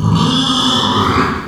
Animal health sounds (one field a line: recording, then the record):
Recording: squeal of a Yucatan mini pig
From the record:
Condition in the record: after surgery on the right vocal fold (resection and tissue-engineered implant)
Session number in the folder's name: 16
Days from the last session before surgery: 183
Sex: female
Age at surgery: 19 weeks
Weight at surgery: 25 kg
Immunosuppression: prednisolone